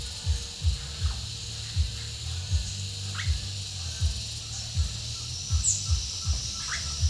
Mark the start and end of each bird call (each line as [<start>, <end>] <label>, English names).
[3.11, 3.28] Russet-backed Oropendola
[4.36, 7.09] Green-backed Trogon